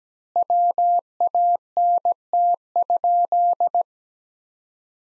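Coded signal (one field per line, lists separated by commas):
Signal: Morse code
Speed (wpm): 17 wpm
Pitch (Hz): 700 Hz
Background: none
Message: WANT?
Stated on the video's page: Morse practice sentences from the top 200 words at 17 wpm with twice standard word spacing, a Farnsworth-like method.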